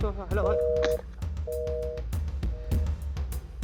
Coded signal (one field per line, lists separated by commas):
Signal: telephone call progress tone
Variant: North America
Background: speech, music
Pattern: busy tone